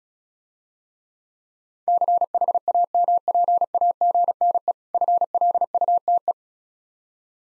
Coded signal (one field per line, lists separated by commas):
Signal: Morse code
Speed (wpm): 36 wpm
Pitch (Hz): 700 Hz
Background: none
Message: CHAMPAGNE FLUTE